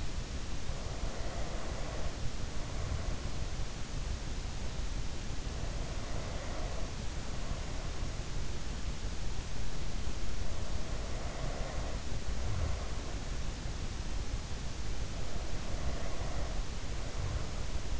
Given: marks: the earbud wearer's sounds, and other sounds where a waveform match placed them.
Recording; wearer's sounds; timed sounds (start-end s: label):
sounds in sleep by an in-ear microphone; breath
0.46-3.45 s: breath
5.59-8.45 s: breath
10.14-13.19 s: breath
14.82-18.00 s: breath